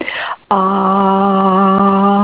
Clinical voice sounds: sustained vowel /a/ by telephone; female; 70 to 79 years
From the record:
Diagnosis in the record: Parkinson's disease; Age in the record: 73 years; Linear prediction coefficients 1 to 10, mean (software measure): 1.59, -1.12, 0.10, -0.17, 0.65, -0.48, -0.20, 0.28, -0.11, -0.04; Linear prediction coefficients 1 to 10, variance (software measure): 0.422, 0.224, 0.083, 0.055, 0.186, 0.095, 0.038, 0.070, 0.039, 0.015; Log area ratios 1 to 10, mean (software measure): -2.05, 1.92, -1.13, -0.21, 0.08, 0.81, -0.22, -0.12, 0.28, 0.08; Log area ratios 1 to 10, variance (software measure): 0.579, 0.439, 0.545, 0.115, 0.090, 0.135, 0.135, 0.045, 0.056, 0.062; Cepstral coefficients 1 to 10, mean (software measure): 1.59, 0.35, -0.05, -0.43, 0.04, 0.16, 0.03, 0.14, -0.03, -0.13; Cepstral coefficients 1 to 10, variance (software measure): 0.422, 0.163, 0.039, 0.046, 0.008, 0.038, 0.016, 0.006, 0.007, 0.006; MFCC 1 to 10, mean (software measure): -3.89, 1.50, -0.64, -0.46, 0.75, 0.34, -0.39, 0.08, 0.25, -0.12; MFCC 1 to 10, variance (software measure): 3.089, 0.696, 0.217, 0.138, 0.557, 0.081, 0.143, 0.133, 0.111, 0.191

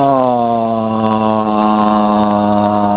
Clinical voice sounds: sustained vowel /a/ by telephone; male; 70 to 79 years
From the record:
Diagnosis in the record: Parkinson's disease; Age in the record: 76 years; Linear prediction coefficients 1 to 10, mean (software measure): 1.66, -0.54, -0.60, 0.01, 0.59, -0.02, -0.34, -0.11, 0.39, -0.19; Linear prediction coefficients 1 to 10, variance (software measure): 0.024, 0.051, 0.082, 0.076, 0.102, 0.023, 0.068, 0.033, 0.061, 0.014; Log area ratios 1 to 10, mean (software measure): -2.75, 2.29, -0.34, -0.71, -0.13, 0.49, 0.12, -0.23, -0.17, 0.38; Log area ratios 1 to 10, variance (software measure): 0.025, 0.194, 0.125, 0.064, 0.098, 0.067, 0.060, 0.046, 0.037, 0.063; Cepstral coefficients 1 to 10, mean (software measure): 1.66, 0.86, 0.06, -0.40, -0.19, 0.02, 0.05, -0.02, 0.11, -0.05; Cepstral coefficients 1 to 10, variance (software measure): 0.024, 0.032, 0.011, 0.018, 0.007, 0.017, 0.005, 0.006, 0.003, 0.005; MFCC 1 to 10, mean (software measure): -3.79, 2.02, -0.23, -1.18, 0.64, 0.48, -0.06, 0.19, 0.10, -0.03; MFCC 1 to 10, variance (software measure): 0.273, 0.030, 0.051, 0.054, 0.086, 0.080, 0.085, 0.065, 0.047, 0.092

